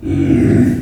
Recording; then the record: squeal of a Yucatan mini pig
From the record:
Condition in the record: after surgery on the right vocal fold (resection and tissue-engineered implant); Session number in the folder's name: 1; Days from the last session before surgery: 13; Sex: female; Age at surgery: 19 weeks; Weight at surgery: 25 kg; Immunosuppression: prednisolone